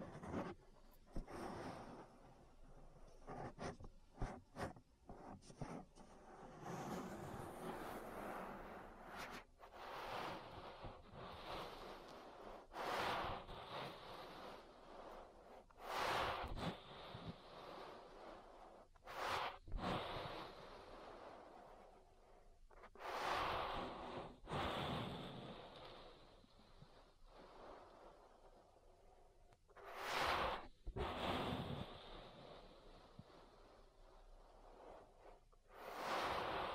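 Ear massage sounds: soft rubbing and brushing against the microphone, with frequent sharp scratchy bursts that flare bright every few seconds, stronger near 16, 19, 30 and 36 seconds. Between strokes a low muffled rumble and faint breathy textures continue steadily.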